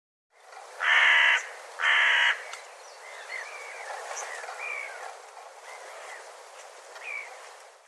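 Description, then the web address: Bird calls, two loud harsh rasping notes at the start, then softer scattered chirps and short whistles against a steady background hiss. "cianscape birddata"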